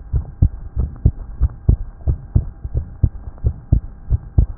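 Steady paired lub-dub heart sounds at about 90 beats a minute from an adult heart heard through a stethoscope, a normal heartbeat with no added sounds.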